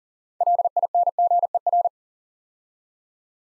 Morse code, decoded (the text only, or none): LINGER